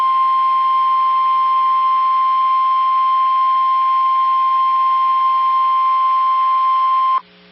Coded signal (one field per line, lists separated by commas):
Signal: Emergency Alert System (SAME) tones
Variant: 1050 Hz attention tone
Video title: EAS Alerts 1439 & 1440 (RWTs #21 & 22)